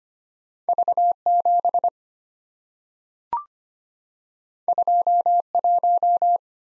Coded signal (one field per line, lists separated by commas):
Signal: Morse code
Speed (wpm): 25 wpm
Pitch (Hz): 700 Hz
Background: none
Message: V7 21